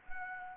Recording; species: mosquito wingbeat signal from an infrared sensor; Anopheles arabiensis